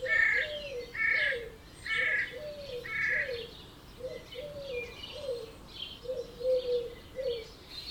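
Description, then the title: Birds calling at dawn, hoarse low notes repeated roughly once a second alongside brighter mid-pitched chirps. Dawn chorus at 4am in Oberhofen, Inntal valley, Austria; binaural recording. "Birds Oberhofen Inntal Austria - 4am - binaural version"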